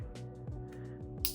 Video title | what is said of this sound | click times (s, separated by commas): AAP01 Customer Build Series - Red Splatter AP7! | like so. You'll hear it click. | 1.2 s